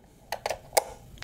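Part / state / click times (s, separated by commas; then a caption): wireless access point onto its mounting bracket / seated / 0.8 s. A wireless access point is set onto its wall or ceiling mounting bracket and turned until it locks. Short, sharp plastic-like clicks sound at about 0.3 and 0.5 seconds, and the loudest, crispest snap comes at 0.8 seconds. The access point is seated and twist-locked onto the mount, with the click at 0.8 seconds.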